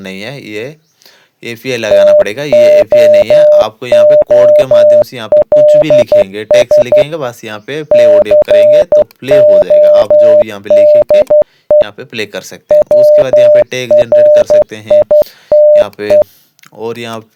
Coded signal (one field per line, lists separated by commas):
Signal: Morse code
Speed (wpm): 12 wpm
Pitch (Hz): 600 Hz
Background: speech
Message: TOOLS CODE WRITE